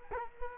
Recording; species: mosquito wingbeat signal from an infrared sensor; Culex quinquefasciatus